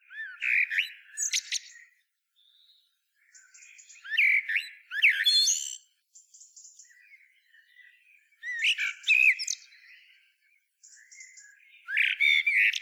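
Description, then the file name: Common blackbird giving bursts of rich warbled notes that end in high squeaky twitters, separated by quieter thin notes and short pauses. "Turdus merula"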